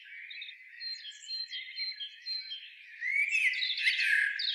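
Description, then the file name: Eurasian blackbird producing a few thin, level whistled notes, followed by a loud burst of harsh, crackling chatter in the final second and a half. "Turdus merula"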